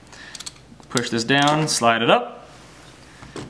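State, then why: Seated. A microSD card is pushed into the card slot on the body of a DJI Mavic Pro drone until the spring latch catches, with a short mechanical click at 0.5 s after a couple of faint ticks. Someone then talks, and the card is seated.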